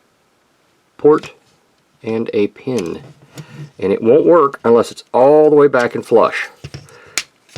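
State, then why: Seated. A plastic transforming figure limb part is pushed back onto the combiner's port and pin while someone talks. It snaps flush into place with a sharp click at 7.2 seconds, seated like it belongs there.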